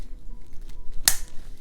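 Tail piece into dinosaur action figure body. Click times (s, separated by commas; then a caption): 1.1 s. The plastic tail of a Mattel Hammond Collection Jurassic World Baryonyx action figure, its notch lined up, is pushed into the body. After faint handling ticks, a sharp, bright click sounds at 1.1 s. The tail is seated as a one-time assembly and will not come out.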